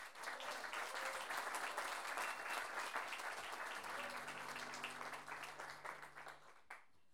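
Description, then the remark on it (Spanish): A crowd applauds at a payadores tournament (Campeonato de Pie Forzado) with dense, continuous clapping that holds strong for several seconds, then thins out into scattered claps and stops near the end; a low hum enters midway. “quienes por lo menos se merecen un gran aplauso de ustedes.”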